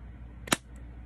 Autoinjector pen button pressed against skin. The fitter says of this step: hear it clicking yeah I feel it